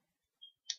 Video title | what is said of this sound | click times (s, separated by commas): ELF Cosmetics Haul | but they do snap nicely they don't come off on their own | 0.7 s